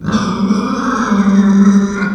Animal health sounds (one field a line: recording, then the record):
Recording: squeal of a Yucatan mini pig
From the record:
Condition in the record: after surgery on the right vocal fold (resection and tissue-engineered implant)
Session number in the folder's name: 16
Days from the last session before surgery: 183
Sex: female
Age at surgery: 19 weeks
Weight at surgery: 25 kg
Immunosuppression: prednisolone